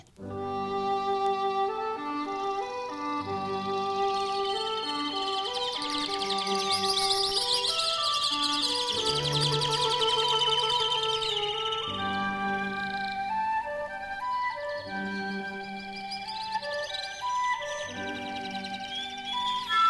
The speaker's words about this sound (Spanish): En ella escucharán cómo los pájaros siguen una serie de pausas y comienzos dentro de la estructura musical, siendo ellos mismos los que la dirigen.